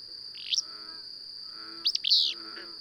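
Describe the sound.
Bird chirps: a brief sharp note, then a louder cluster of rising and falling chirps ending in a longer slurred note, with a steady high whine behind.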